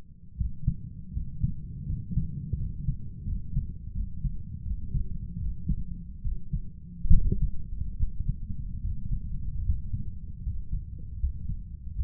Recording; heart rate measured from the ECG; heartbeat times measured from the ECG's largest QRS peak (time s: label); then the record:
heart sounds by stethoscope; 78 bpm
0.36 s: heartbeat
1.12 s: heartbeat
1.85 s: heartbeat
2.56 s: heartbeat
3.23 s: heartbeat
3.92 s: heartbeat
4.62 s: heartbeat
5.37 s: heartbeat
6.21 s: heartbeat
7.10 s: heartbeat
7.96 s: heartbeat
8.81 s: heartbeat
9.63 s: heartbeat
10.42 s: heartbeat
11.19 s: heartbeat
11.94 s: heartbeat
From the record:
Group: healthy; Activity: rest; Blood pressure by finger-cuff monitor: 107/74 mmHg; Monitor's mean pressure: 84 mmHg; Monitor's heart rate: 77 bpm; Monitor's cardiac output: 6.6 L/min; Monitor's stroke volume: 84 mL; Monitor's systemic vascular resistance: 840 dyn s/cm5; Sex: male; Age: 23 years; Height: 178 cm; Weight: 96.6 kg